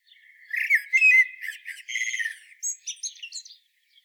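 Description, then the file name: Common blackbird singing a fluty warbled phrase that turns scratchy and chattering, followed by thin, high squeaky notes trailing off; no other sounds. "Turdus merula"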